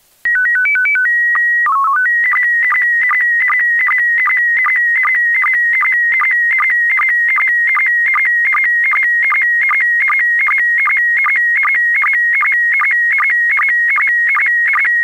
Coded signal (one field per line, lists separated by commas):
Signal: SSTV (slow-scan television)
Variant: PD 50